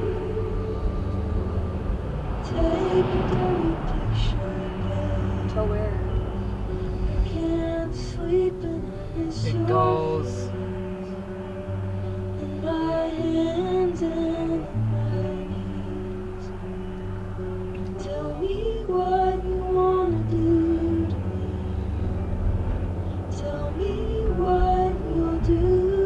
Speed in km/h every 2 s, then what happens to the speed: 24, 23, 26, 24, 11, 0, 0, 0, 0, 0, 21, 32, 37.
0-6 steady at about 24. 6-9 brakes to 0. 9-18 standing. 18-23 pulls away to 37.